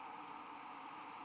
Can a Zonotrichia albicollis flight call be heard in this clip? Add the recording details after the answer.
no. No flight call is heard. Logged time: 22:28 on 18 December 2014